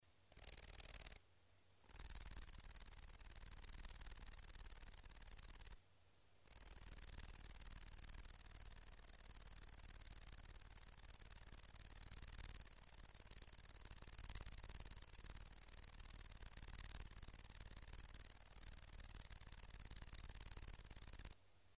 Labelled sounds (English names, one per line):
Great Green Bush-cricket